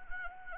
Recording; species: mosquito wingbeat signal from an infrared sensor; Anopheles arabiensis